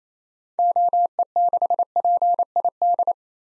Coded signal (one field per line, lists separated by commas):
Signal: Morse code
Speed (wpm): 27 wpm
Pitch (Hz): 700 Hz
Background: none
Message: OE6PID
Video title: 2023 SOTA Activator Call Signs - 28wpm